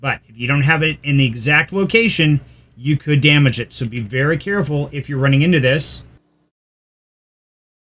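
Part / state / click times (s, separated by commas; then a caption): router component into board socket / not seated / none. A router component is being positioned over its socket on the router board while someone talks, warning that misplacing it could damage it. The talking stops around 6.2 s, followed by near silence. Nothing has seated or clicked yet.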